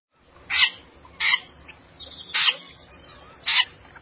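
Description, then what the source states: Wilson's Snipe giving harsh, raspy alarm notes, four scratchy calls at uneven intervals over a quiet background. Alarm call, often given when the bird is flushed; the only sound usually heard in winter and during migration; a marsh bird that hides.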